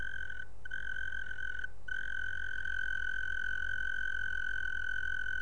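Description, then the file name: European mole cricket singing a continuous, even churr on one steady pitch with overtones, briefly broken twice near the start, over a low rumbling background. Recorded at Eksaarde, 27 April 2007. "Veenmol Eksaarde 27 april 2007. Joris Everaert"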